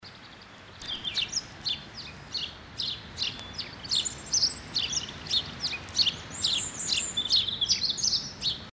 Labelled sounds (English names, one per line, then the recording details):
House Sparrow song
European Robin
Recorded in the wild
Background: Erithacus rubecula
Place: Locarno, Tessin, CH
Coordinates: 46.1872, 8.7925
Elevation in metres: 1035
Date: 1978-03-10
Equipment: Uher 4000 Report
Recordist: Tretzel, Erwin
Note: Kastanienwald bei San Bernardo, Schweiz: Gesang